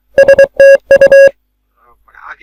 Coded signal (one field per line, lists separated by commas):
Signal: Morse code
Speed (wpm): 23 wpm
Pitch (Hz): 550 Hz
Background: speech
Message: STU